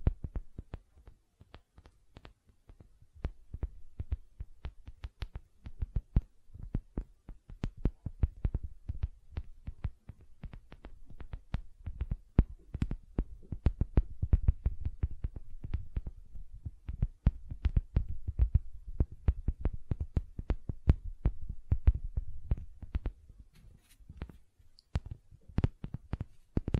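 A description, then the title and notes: Gentle silicone sounds made up of quick, soft taps and squishes that come in a dense, uneven stream for the whole clip. Each sound has a dull, thumping low body with a brief crisp click on top, and the pace eases slightly near the end. ASMR Gentle Silicon Sounds for Sleep (No Talking).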